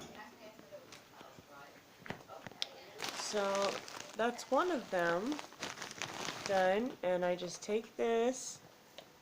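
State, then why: Not seated. During a morning clean of a rabbit enclosure, someone talks while handling a clip or panel of the enclosure, with light crinkling and small sharp ticks of handling between the words. The clip ends before the part goes home; nothing has snapped into place yet.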